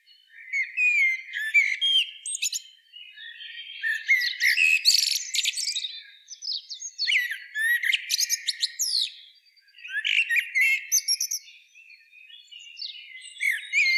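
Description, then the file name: Common blackbird singing at length, bouts of squeaky high twitters and lower warbled slurs alternating, with one short lull near the middle. "Turdus merula"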